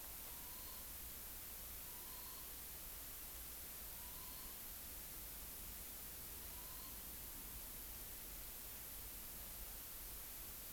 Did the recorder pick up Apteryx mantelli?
no